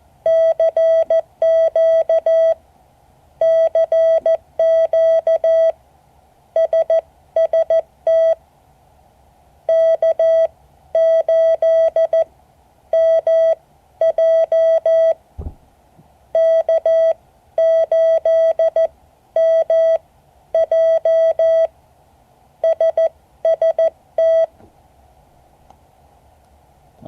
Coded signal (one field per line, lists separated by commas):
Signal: Morse code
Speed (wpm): 14 wpm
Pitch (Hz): 660 Hz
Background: none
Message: CQ CQ SST K8MJ K8MJ SST